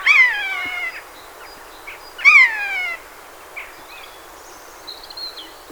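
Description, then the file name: Eurasian jay giving two drawn-out, downward-sliding mewing calls about two seconds apart, with faint soft bird notes afterwards. "Garrulus glandarius"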